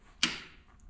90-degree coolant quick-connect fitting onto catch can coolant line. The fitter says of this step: oh yeah you hear that click pops right in did it click in yeah